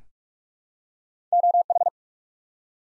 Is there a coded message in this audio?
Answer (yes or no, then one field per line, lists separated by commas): yes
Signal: Morse code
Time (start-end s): 1.3-1.9 s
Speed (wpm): 44 wpm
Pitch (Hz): 700 Hz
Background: none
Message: OH